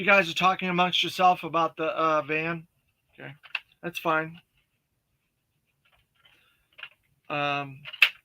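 A plastic part is being handled and pushed toward its place on the body of a Skystriker toy jet while someone talks. A few faint, short ticks come between about 4.6 and 6.8 seconds, but nothing has seated or clicked into place yet.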